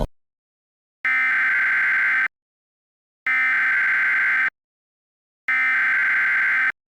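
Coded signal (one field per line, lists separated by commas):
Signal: Emergency Alert System (SAME) tones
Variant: header bursts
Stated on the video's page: Fictional EAS scenario.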